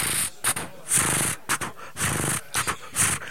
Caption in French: Si on écoute une sténose mitrale, ce que ça fait dans nos oreilles.